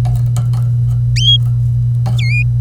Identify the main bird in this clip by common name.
Domestic Canary